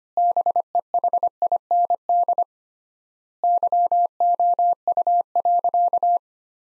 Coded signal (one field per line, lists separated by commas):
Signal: Morse code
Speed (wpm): 25 wpm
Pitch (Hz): 700 Hz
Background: none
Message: BEHIND YOU.